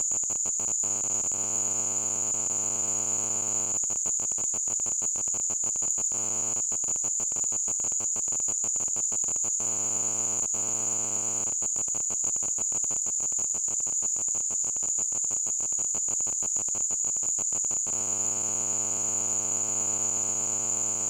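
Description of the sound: Simulated tinnitus: a steady, continuous high-pitched tone.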